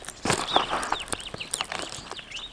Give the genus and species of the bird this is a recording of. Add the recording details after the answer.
Lamprotornis superbus. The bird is a male. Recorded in Kenya on 26 June 2010. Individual 72, of group MRCV